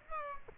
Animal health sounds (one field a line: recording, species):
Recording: mosquito wingbeat signal from an infrared sensor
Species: Aedes aegypti